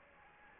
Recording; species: mosquito wingbeat signal from an infrared sensor; Anopheles gambiae